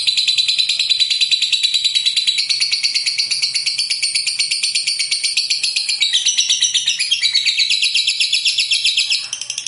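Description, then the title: Lovebird, dense high-pitched chattering song with rapid buzzy pulses, pitch wavering and dropping slightly near the end. "Suara Lovebird"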